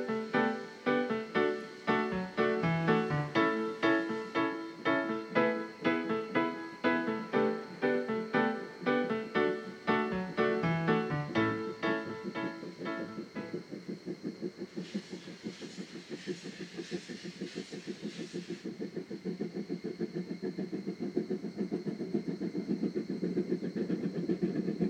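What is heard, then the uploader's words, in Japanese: Two steam locomotives working together haul a train, their loud, regular chuffs ringing with a strong droning tone for the first half. Past the midpoint the beats quicken and thicken into a rapid low pounding, with a bright hiss of steam from about 15 to 18 seconds. JR山口線を走る重連の「SLやまぐち号」。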